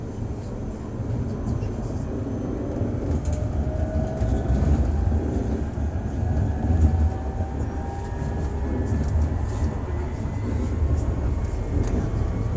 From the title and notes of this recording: Tramming it up on the M2 am Steinburg. Relaxing tram ride.